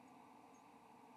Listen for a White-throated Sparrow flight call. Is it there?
no